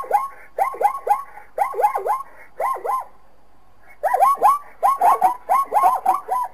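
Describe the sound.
Zebra barking call: two bouts of rapid, squeaky yelps, each note rising and falling in pitch, separated by a short silent pause.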